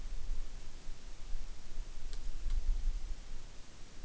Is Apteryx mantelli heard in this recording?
no